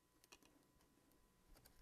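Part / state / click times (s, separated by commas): plastic display frame into GPS unit housing over the LCD / not seated / none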